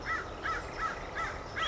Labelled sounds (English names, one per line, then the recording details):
American Crow
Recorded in Sonoma County, California